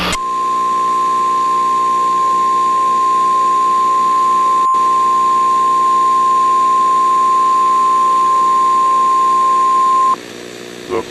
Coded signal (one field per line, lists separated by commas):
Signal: Emergency Alert System (SAME) tones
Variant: 1050 Hz attention tone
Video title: EAS SCENARIO |The sound|